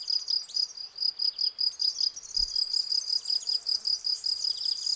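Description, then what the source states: Field cricket chirping in a steady train of bright pulsed chirps, with a brief low thump midway. Field crickets singing in a garden lawn, Val Maravel, 18 April 2020; singing for three days, fresh new wings giving clear stridulation; Nagra Seven recorder, MKH40 cardioid microphone.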